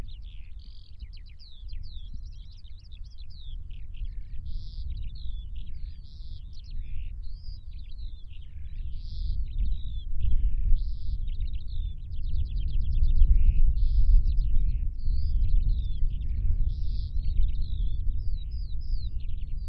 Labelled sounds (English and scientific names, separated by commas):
Eurasian Skylark (Alauda arvensis) song